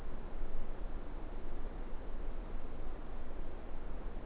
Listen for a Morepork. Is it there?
no